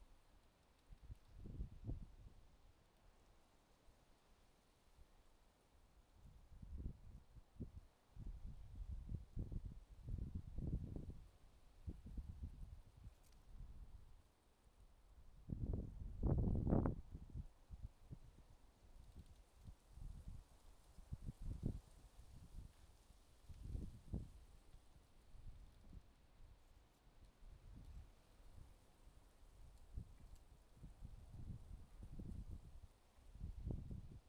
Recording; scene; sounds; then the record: everyday scene through a hearing-aid microphone; wind on the microphone; wind, traffic, birds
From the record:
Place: suburban garden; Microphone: in the ear canal, left